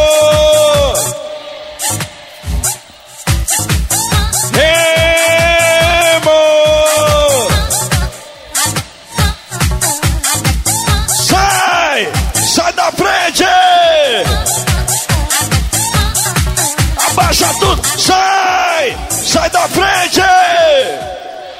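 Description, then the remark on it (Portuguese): A loud crowd of Clube do Remo fans at a Recreio party cheers and yells continuously, with bursts of whooping and bellowing voices rising and falling in waves over a dense, roaring mass of shouting. “Cadê a galera do Leão aqui no recreio?”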